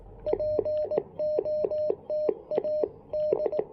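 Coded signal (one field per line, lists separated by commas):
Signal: Morse code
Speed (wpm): 18 wpm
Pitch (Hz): 610 Hz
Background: none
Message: POTA D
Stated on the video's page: QRP CW during a park activation on a (tr)uSDX with a BHI Dual In-Line DSP.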